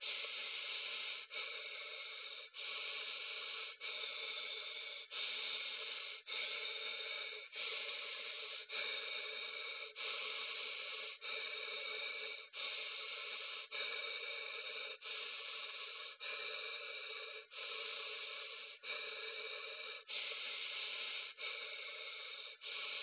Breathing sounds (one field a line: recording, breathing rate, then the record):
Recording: paced breathing near a phone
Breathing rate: 24 breaths a minute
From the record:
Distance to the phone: 20 cm